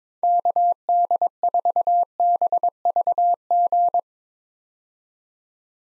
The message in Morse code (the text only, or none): KD4BVG